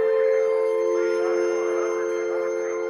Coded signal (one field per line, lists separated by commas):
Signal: telephone call progress tone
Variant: North America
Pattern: dial tone